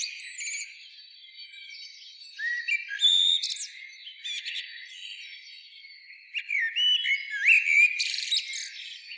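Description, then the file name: Common blackbird song, two fluty whistled phrases separated by a quieter gap, each closing with high squeaky twitters. "Turdus merula"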